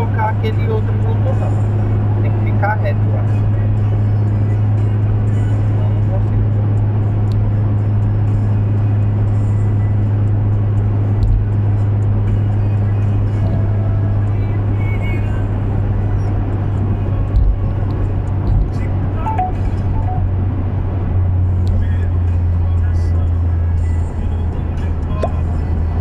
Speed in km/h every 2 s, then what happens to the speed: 119, 120, 120, 119, 118, 118, 117, 114, 112, 108, 99, 96, 90.
0-13 steady at about 119. 13-26 slows to 90.